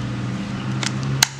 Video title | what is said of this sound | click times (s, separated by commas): Bor cas murah meriah seribu manfaat😨😃 | kita dorong bunyi klek dengan | 1.2 s